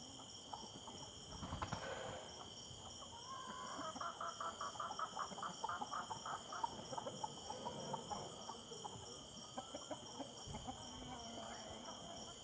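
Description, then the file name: Chicken clucking, a run of short pulses repeated fast and unevenly through the middle, over a steady high insect drone and a brief burst of noise early on. Evening ambience in the backyard of the Simão Correa headquarters, with chickens in the background. "Ambiencia do Entardecer Quintal da Sede Simao Correa com Galinhas e Passaros ao Fundo"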